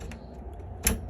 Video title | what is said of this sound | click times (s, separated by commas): HENRY HUSTLE SETUP DEMO AND REVIEW SPIRIT HALLOWEEN 2021 | this ball locks into place and we're good | 0.9 s